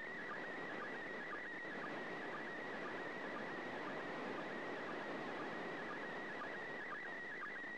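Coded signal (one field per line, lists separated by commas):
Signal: SSTV (slow-scan television)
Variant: PD120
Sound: faint warbling whistle around 2 kHz with soft periodic ticks under loud hiss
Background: radio static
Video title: 31st second pass.Slow Scan Television(SSTV)images transmitted from the International Space Station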